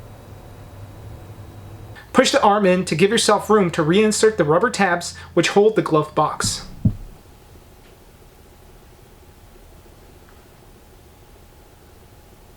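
On a 2017 to 2020 Ford Super Duty F-250/F-350, the glove box arm is pushed in for room while the rubber retaining tabs that hold the glove box are reinserted into the dashboard glove box opening. Someone talks from about 2.1 to 7 seconds, with a short knock near 6.9 seconds and another brief sound at 12.6 seconds over a low steady hum. Nothing has seated or clicked yet.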